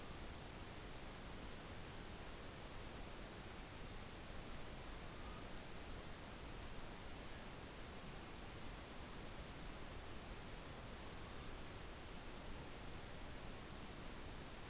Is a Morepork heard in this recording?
no